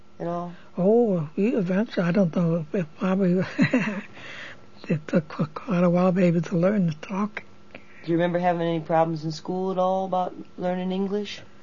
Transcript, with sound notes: At all?
Oh, we eventually, I don't know... It probably... (laughs) It took quite a while maybe to learn to talk.
Did you remember having any problems in school at all about learning English?